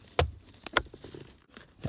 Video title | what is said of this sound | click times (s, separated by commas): My car heater AC only works on High stuck on High - EASY FIX! | you want to push it in until you hear it click. | 0.8 s